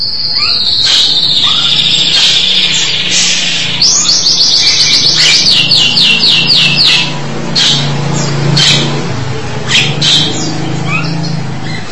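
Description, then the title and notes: Starling song opening with a drawn-out high whistle, then a rapid series of repeated looping notes, followed by scattered sharp chips and a low background hum. "suara burung jalak"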